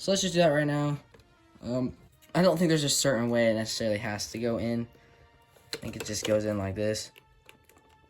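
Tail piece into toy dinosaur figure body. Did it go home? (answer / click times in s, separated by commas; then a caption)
no / none. Someone talks while getting ready to push the plastic tail piece of a Mattel Jurassic World Rebirth Spinosaurus toy figure into its body socket. A few faint, short handling taps follow near the end. Nothing has seated or clicked yet when the clip ends.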